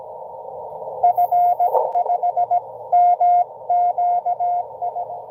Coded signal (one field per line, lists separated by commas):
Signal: Morse code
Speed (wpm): 18 wpm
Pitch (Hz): 720 Hz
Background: none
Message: F5MQI